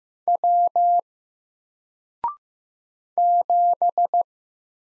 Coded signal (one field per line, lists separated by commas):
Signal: Morse code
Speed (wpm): 15 wpm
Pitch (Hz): 700 Hz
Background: none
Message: W 7